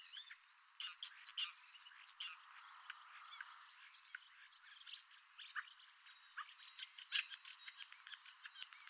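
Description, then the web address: Common starling song of rapid clicks and crackling notes, mixed with short whistles and ending in two loud, high, descending whistled phrases. "Deverinetal 2025. Bird Only"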